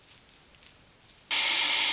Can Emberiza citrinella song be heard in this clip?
no